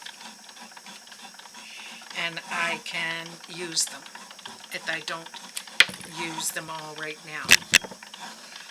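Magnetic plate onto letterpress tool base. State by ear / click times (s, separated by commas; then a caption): seated / 7.8 s. A magnetic plate is set onto the base of a craft letterpress tool while someone talks. A loud, sharp snap at 7.8 s marks the plate seating into place, followed by softer handling ticks.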